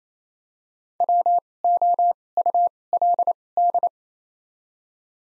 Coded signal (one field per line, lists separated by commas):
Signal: Morse code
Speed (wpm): 28 wpm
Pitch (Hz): 700 Hz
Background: none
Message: W O U L D